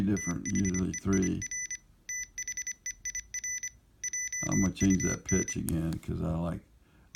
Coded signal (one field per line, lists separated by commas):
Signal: Morse code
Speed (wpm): 25 wpm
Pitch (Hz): 2000 Hz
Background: speech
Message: THEIR THEIR JUN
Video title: Morse Code Regurgitator